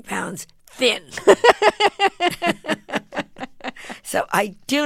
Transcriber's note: laughter